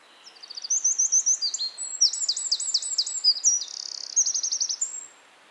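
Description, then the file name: Eurasian wren song: a vigorous five-second stream of very high, rapid notes, trills and a dry buzzing rattle, ending abruptly. "Troglodytes troglodytes"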